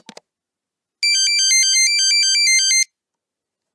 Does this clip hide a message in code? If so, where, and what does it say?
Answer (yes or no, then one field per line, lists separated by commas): no